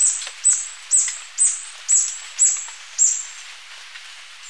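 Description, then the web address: Spotted barbtail calls: six piercing, very high notes evenly spaced about half a second apart, each with a short falling tail, over a quiet background. Ecuador. "Birds of Ecuador. Spotted Barbtail"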